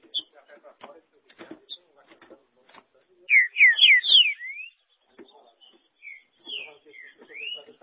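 Green-winged saltator song: a quick run of loud, rich whistled notes, mostly sliding downward, then a softer second phrase, over scattered low clicks and knocks.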